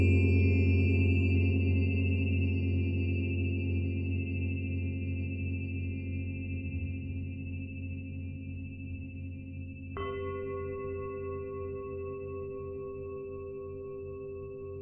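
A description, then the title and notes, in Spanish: Tibetan singing bowls ring in a long, steady drone of overlapping low and middle tones, slowly fading over the whole stretch. A gentle pulsing beat wavers through the hum. Around ten seconds a second bowl is struck, adding a brighter ringing tone that sustains to the end. Cuencos Tibetanos.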